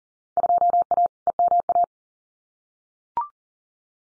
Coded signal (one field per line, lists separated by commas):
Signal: Morse code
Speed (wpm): 39 wpm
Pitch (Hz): 700 Hz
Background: none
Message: 2A EMA